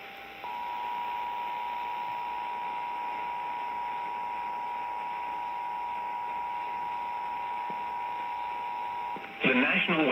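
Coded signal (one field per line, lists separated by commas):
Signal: Emergency Alert System (SAME) tones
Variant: 853 and 960 Hz attention tone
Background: speech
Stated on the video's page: Tornado Warning on an AM radio station relayed from NWS Detroit.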